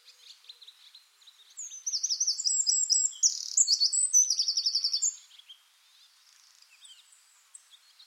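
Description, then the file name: Eurasian wren: a burst of loud, very high trills and clipped warbling notes lasting about three and a half seconds, followed by quieter twitters. "Troglodytes troglodytes"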